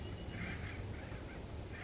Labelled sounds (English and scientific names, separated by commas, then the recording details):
Acorn Woodpecker (Melanerpes formicivorus)
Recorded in Sonoma County, California